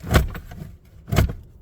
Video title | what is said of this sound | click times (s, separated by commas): My Home/Van tour | Okay, it doesn't want to lock into place, but | none